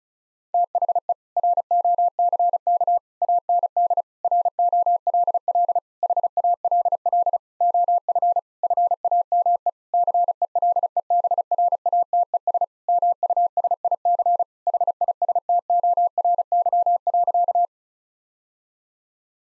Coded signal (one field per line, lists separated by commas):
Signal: Morse code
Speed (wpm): 36 wpm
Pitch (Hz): 700 Hz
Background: none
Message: THE ROCK AND ROLL HALL OF FAME CELEBRATES MUSIC HISTORY.